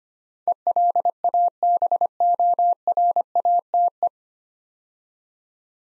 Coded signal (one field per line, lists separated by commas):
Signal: Morse code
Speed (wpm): 25 wpm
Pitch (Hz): 700 Hz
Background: none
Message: ELABORATE